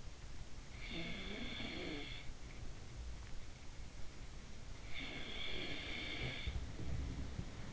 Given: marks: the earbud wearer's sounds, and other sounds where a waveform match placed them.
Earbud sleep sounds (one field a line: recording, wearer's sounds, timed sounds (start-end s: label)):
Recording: sounds in sleep by an in-ear microphone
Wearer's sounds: breath, snoring breath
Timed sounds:
0.00-2.68 s: breath
4.57-7.37 s: snoring breath